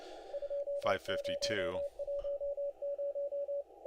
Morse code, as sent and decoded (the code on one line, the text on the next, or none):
..--- ----- .---- -----
2010